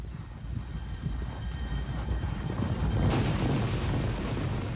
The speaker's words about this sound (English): Quiet. Those are horses' hoofs. A young Frankish king invades Saxony with a large cohort of mounted warriors.